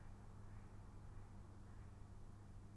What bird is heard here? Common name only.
Mallard